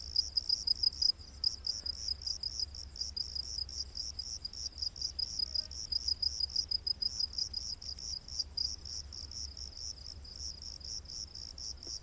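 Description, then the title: Cricket calling with rapid, high chirps in a long series over a faint low background hum. Rainforest at night. "Crickets of the Rainforest"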